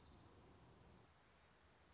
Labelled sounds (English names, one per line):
Orange-crowned Warbler